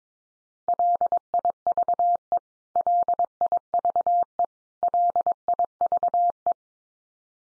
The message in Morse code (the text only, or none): LIVE LIVE LIVE